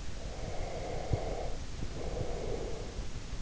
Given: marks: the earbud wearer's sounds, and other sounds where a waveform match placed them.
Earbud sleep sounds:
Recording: sounds in sleep by an in-ear microphone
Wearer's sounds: breath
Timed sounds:
0.19-3.10 s: breath

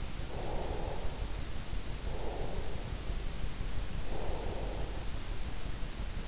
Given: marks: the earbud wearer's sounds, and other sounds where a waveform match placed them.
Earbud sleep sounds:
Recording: sounds in sleep by an in-ear microphone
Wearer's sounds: breath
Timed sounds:
0.17-5.99 s: breath

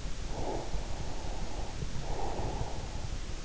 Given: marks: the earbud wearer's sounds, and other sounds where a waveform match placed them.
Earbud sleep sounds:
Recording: sounds in sleep by an in-ear microphone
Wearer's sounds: breath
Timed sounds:
0.18-3.04 s: breath

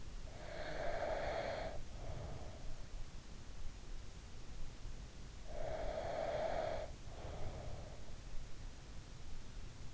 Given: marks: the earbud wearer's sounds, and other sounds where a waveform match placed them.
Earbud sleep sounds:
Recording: sounds in sleep by an in-ear microphone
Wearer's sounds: breath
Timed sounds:
0.00-2.77 s: breath
5.31-8.17 s: breath

